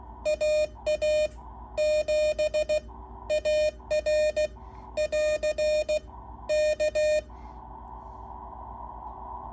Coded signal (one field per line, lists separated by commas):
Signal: Morse code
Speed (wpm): 16 wpm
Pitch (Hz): 610 Hz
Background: none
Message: AA7AR <AR> K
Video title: Hammertone Sierra ￼- Let’s Try The KC-1 and call CQ on 40M!